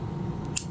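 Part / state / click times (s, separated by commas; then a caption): replaceable steel blade into folding knife handle lock / seated / 0.6 s. A replaceable steel blade is pushed into the lock mechanism of a Case XX-Changer folding knife handle. Over a steady low background, it snaps home with one sharp, bright click at 0.6 s, and the blade is locked up rock solid.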